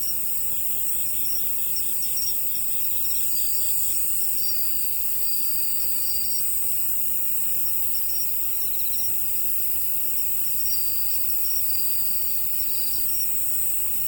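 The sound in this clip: Crickets trilling continuously, a high ringing wash with rapid pulsed chirps coming and going over fourteen seconds.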